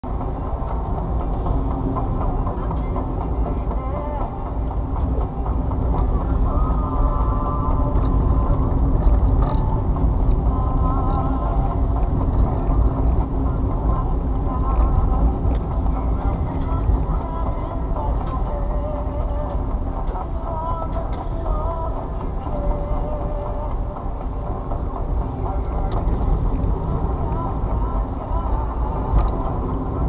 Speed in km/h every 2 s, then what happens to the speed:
55, 48, 40, 42, 44, 44, 44, 40, 37, 35, 35, 39, 44, 48, 52.
0-4 brakes to 40. 4-11 steady at about 42. 11-18 slows to 35. 18-30 speeds up to 52.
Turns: none.